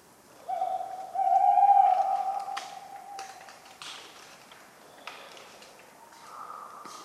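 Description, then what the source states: Tawny owl hoot opening with a long steady hollow tone, then quieter breathy sounds and a few crisp acorn clicks. Talkative tawny owl at night, cold 11 November 1995, Ménigoute ornithological film festival, France; autumn ambience with regularly falling acorns; the recordist fell asleep, mixing in his sleeping sounds.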